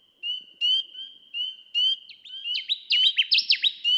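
Connecticut warbler singing: spaced sharp notes speed up into a rapid run of loud, rolling phrases near the end.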